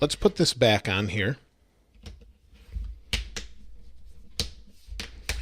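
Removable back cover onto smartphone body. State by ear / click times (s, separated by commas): seated / 3.1 s, 4.4 s, 5.0 s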